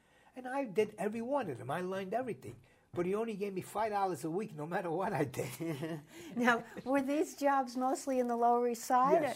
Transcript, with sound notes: And I did every one of them, I did everything. But he only gave five dollars a week no matter what I did. (Both laugh)
Now were these jobs mostly in the Lower East Side?